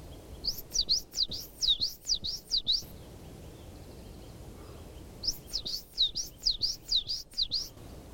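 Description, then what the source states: Coal Tit song: two bursts of high, thin, quickly repeated phrases, separated by a short pause. Wild bird in pine forest near Arnhem, Netherlands; the song is said to resemble a marsh tit's.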